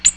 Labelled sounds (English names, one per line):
Ovenbird flight call